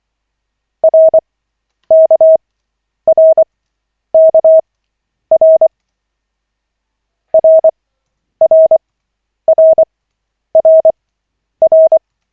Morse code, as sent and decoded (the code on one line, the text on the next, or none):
.-. -.- .-. -.- .-. / .-. .-. .-. .-. .-.
RKRKR RRRRR